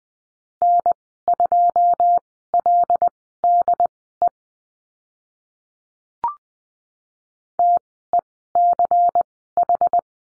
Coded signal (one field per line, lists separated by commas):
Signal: Morse code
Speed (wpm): 20 wpm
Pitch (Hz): 700 Hz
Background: none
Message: N2LDE TECH